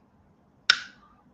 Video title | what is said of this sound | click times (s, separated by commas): Oz Scalemodeling Live Stream Hangout | look at that hear that click look at that do you look | 0.7 s